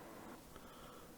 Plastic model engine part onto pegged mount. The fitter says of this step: on y va, c'est en fait cliqué en place et c'est génial,